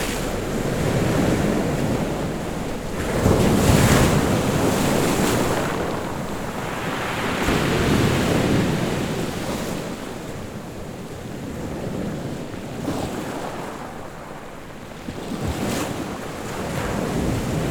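Sea waves wash in and pull back in slow swells, cresting roughly every four seconds, near 4, 8, 12 and 16 seconds. A steady low wind rumble buffets underneath throughout, and the hiss of the surf rises and fades with each swell.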